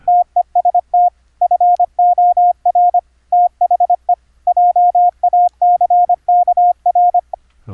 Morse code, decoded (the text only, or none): TEST FOR THE JACKR